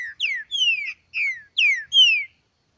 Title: Trinca Ferro NICÃ O No Mato Disputando Com Solto